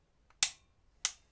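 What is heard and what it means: A torque wrench set to 45 ft-lb tightens an ARP rocker stud into the aluminium/iron cylinder head of a 454 Chevy V8 in a Holden HT GTS Monaro. Two loud, sharp clicks ring out at 0.4 s and 1.1 s as the wrench clicks over at its setting, confirming the stud has reached its torque.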